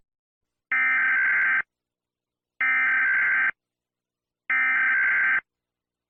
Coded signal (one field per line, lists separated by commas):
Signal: Emergency Alert System (SAME) tones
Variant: header bursts